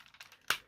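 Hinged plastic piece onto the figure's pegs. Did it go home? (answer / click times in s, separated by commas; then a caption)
yes / 0.5 s. A hinged plastic piece is fitted onto pegs on the inside and outside of a toy figure, with faint rustling and small taps as it is positioned. It snaps home with a sharp click at 0.5 s, and the hinge part is seated in place.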